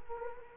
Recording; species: mosquito wingbeat signal from an infrared sensor; Culex quinquefasciatus